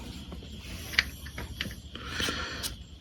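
During a clutch replacement on a Honda B-series engine, a metal flywheel or clutch assembly is lined up with the crankshaft dowel pins and pushed home. A sharp metallic click sounds at 1.0 s, followed by a few quieter taps and rattles. The part seats onto the dowel pins.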